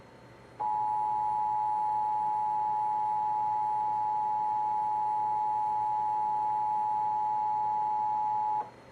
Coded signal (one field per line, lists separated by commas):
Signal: Emergency Alert System (SAME) tones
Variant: 853 and 960 Hz attention tone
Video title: Required Monthly EAS Test for Wisconsin - April 1, 2026 11:51 PM